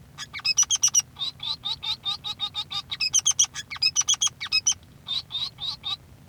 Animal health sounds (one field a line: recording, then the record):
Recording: song of a male Bengalese finch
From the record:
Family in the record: son of father 3